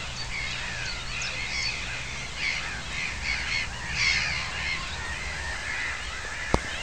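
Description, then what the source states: Aquatic warbler song: a dense run of harsh chattering notes mixed with short clearer whistled trills, over steady low rumbling noise and a single sharp click near the end. Recorded in May 2010.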